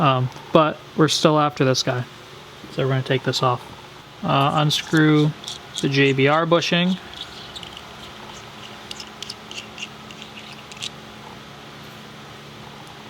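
Someone talks for the first seven seconds while the two halves of a JBR solid shifter bushing for a Focus ST are unscrewed. The halves are then handled and turned face down before being pressed into the shifter linkage, making a few small, sharp handling clicks from about 7.6 to 10.8 seconds over a quiet background. Nothing has seated or clicked into place yet.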